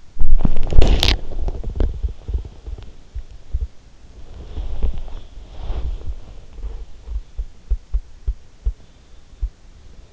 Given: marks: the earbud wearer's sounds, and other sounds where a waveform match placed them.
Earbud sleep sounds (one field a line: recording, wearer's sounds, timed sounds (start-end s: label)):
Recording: sounds in sleep by an in-ear microphone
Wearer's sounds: body movement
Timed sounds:
0.00-3.89 s: body movement
4.12-10.13 s: body movement